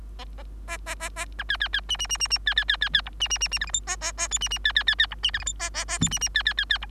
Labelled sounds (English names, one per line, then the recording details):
Bengalese Finch song
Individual Bird3